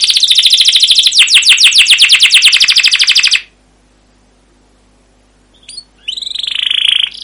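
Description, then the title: Canary song: a fast run of sweeping high chirps and trills for about three seconds, then silence, then a few sharp whistled notes and a renewed trill. Canary song used as a lure (pancingan) to train other canaries; described as long, continuous rolling song (gacor panjang, ngerol) with 'cuit cuit' notes. "CUIT CUIT NGEROL LANGSUNG GACOR PANJANG Kenari Pancingan KENAR. Masteran Suara Burung Kenari Gacor Panjang cuit cuit Ngerol untuk Pancingan Kenari!"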